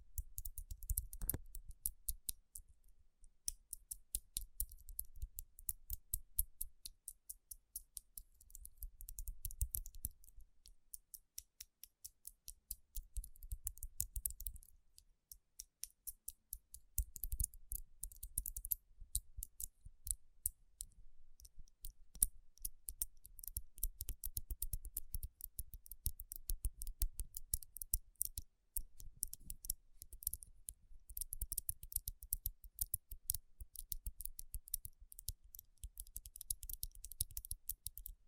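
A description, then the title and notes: Fingertips tap and rub across rhinestone-covered palms, producing dense, bright, crisp clicks that come in quick, irregular runs for the whole stretch. Soft low rubbing swells underneath in waves, with brief quieter gaps around ten and fifteen seconds. Tapping & Rubbing Rhinestone Covered Palms.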